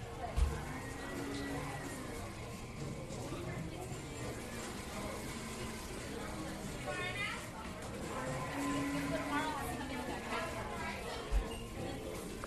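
Coffee shop chatter: a steady, dense murmur of overlapping voices, with brief knocks near the start and near the end.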